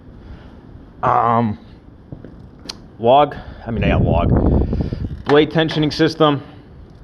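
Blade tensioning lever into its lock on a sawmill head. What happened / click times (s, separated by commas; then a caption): Lever handled, not yet locked in / none. Someone talks about the blade-tensioning system on a Wood-Mizer LT15 Wide portable sawmill while the metal blade-tension lever on the sawmill head is handled, with a few faint ticks and one sharp tick around 2.1–2.7 seconds between phrases. The lever has not yet been pushed into its locked position, and nothing has seated or clicked yet.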